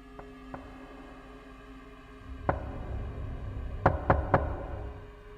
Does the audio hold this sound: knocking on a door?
yes